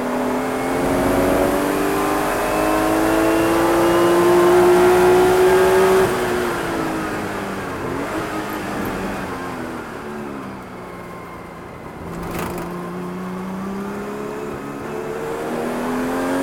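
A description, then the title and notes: Engine noise from inside a race car, loud, with a dense low rumble and stacked whining tones. Revs climb steadily for the first six seconds, then drop and waver through what sound like gear changes, with a sharp click near twelve seconds before climbing again. 1984 Porsche 935 In-Car Audio with Patrick Long, Monterey 2018. Ride inside an IMSA legend as Porsche factory driver Patrick Long straps into the 800hp Fabcar Porsche 935 from 1984, and hurls it around Laguna Seca like he's hunting for lap records during the 2018 edition of the Rennsport Reunion.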